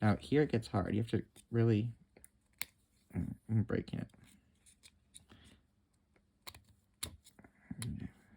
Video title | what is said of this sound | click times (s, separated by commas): Tweeze-and-place 1 - Rail to Bearing clip | so you can actually get it there now it clicks into place this this piece | 7.0 s